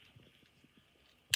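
A small key is twisted in a padlock, making faint, quiet scraping and tapping for over a second. At 1.3 s the shackle springs open with a single loud, sharp click, and the padlock is released.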